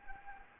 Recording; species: mosquito wingbeat signal from an infrared sensor; Anopheles gambiae